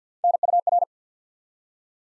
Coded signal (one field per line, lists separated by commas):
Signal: Morse code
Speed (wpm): 48 wpm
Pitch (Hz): 700 Hz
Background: none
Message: NUR